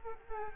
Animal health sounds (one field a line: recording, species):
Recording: mosquito wingbeat signal from an infrared sensor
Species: Culex quinquefasciatus